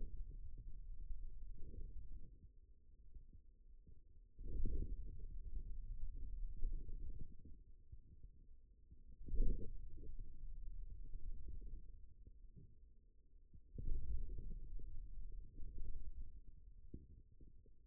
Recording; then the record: forearm muscle sounds (acoustic myography)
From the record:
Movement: wrist extension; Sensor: system 2, bracelet of six BSWA MPA416 microphones around the upper forearm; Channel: 6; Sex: male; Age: 22 years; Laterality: right